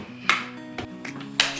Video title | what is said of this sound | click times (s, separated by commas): GeeMo Lightweight Vacuum Cleaner Review | just snaps right in | 1.4 s